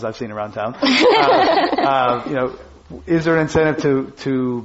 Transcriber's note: laughter